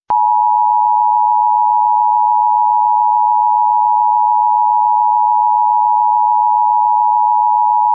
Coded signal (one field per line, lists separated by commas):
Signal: Emergency Alert System (SAME) tones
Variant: 853 and 960 Hz attention tone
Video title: EAS Recreation Mock - High Wind Warning